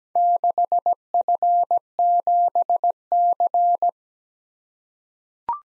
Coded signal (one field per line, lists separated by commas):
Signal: Morse code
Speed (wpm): 17 wpm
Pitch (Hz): 700 Hz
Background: none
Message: 6F7C